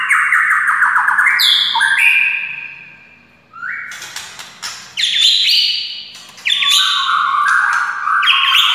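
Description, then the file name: White-rumped shama song of loud varied whistles and harsher squawk-like notes, delivered in strong phrases with brief pauses. Wild white-rumped shama (murai hutan). "suara murai hutan asli"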